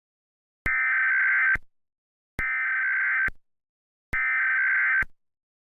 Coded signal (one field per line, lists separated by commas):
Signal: Emergency Alert System (SAME) tones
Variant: header bursts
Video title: EAS Mock: Emergency Action Notification